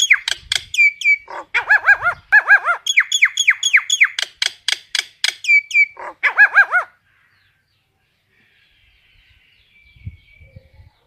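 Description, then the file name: Common myna calling in a fast jumble of clicks, gurgles and arching whistled notes for about seven seconds, then near silence with faint sounds. Calling the flock. "Tieng sao nau goi bay"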